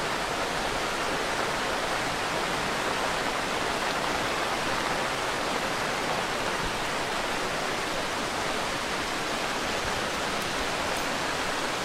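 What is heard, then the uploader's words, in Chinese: Rain on a forest trail makes a dense, steady hiss that fills the whole twelve seconds with an even, bright wash and no distinct events. 在雨中沿着森林步道漫步。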